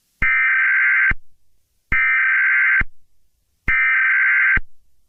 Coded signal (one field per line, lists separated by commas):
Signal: Emergency Alert System (SAME) tones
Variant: header bursts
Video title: EAS SCENARIO: TWISTER